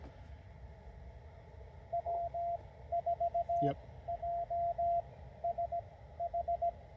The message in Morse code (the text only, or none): W4JSH